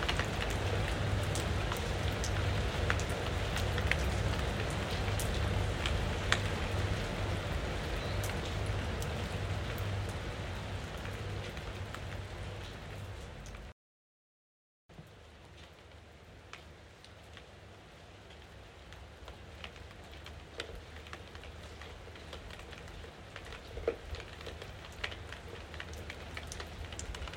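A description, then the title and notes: Steady, dense rain patters with scattered sharper drops and a low rumble beneath, briefly cutting to silence midway before resuming slightly quieter. Soft relaxing rain sounds.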